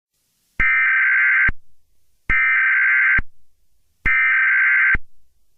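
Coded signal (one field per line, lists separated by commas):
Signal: Emergency Alert System (SAME) tones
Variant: header bursts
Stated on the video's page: Fictional EAS scenario.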